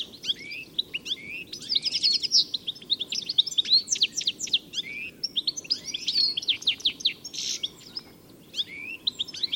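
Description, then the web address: Birds chattering busily with many high, clipped chirps and short buzzy bursts in overlapping waves, a low steady hiss beneath. "Deverinetal. Bird Only"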